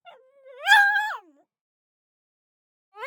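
Pug giving one high, rising yelp that holds then drops away, with a short whine before it and another yelp starting at the very end.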